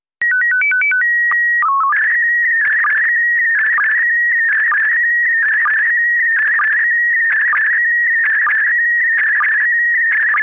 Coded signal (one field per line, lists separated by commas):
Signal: SSTV (slow-scan television)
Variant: PD 290